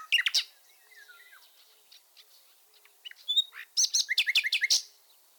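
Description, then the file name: Common nightingale song, partly faint: scattered soft notes and a quiet whistle, then a loud closing series of rapid repeated chirps. "fulemule"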